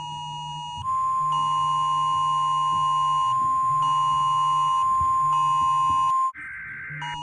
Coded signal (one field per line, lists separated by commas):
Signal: Emergency Alert System (SAME) tones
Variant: 1050 Hz attention tone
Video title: rating eas alarms pt1 S1 THE SCHOOL BREAK